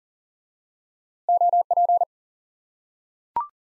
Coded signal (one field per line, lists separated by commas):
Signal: Morse code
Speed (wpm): 37 wpm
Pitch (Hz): 700 Hz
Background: none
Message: OP